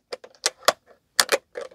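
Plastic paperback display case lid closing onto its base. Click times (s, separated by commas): 0.7 s, 1.2 s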